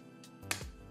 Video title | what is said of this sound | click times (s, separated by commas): Review - Lunettes SI M Frame Alpha - Oakley | en fait ça que ça se clipse voilà | 0.5 s